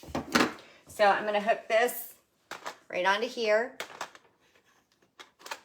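A rechargeable battery pack is being hooked onto the body of a cordless hand mixer while someone talks, with a few brief handling taps. The pack has not snapped in or seated yet by the end.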